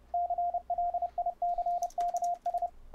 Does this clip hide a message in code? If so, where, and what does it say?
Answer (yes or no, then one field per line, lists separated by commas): yes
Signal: Morse code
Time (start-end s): 0.1-2.7 s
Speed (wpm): 32 wpm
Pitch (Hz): 700 Hz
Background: radio noise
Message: CLICKS